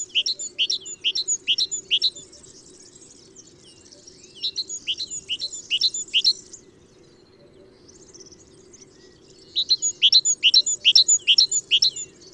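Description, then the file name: Great tit singing high, sharp repeated double notes in three bursts with gaps between them, and a constant low background drone. "Parus major"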